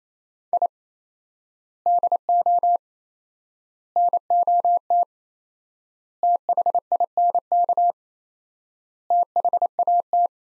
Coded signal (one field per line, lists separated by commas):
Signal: Morse code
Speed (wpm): 27 wpm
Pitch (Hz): 700 Hz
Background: none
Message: I DO NOT THINK THAT